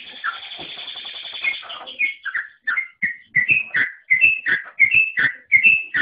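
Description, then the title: Oriental magpie-robin song: a jumbled warbling phrase, then a run of clear whistled notes alternating higher and lower pitches. "Kicau Kacer"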